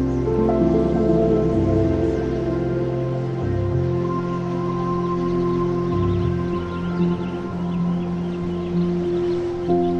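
Beautiful ambient music over summer countryside sounds: sustained, layered tones hold steady throughout, with low notes shifting slowly around two, four and six seconds. A faint airy wash sits above, and soft scattered rustling and chirps come through in the second half.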